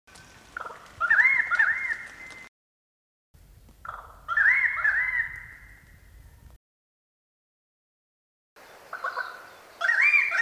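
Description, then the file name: Bird giving mimicked calls: three loud, warbling, bubbling bursts, each starting with short notes, separated by brief silences. Mimicry; 2010. "PC-mimicry-syd 78-ed 88-carol 2010"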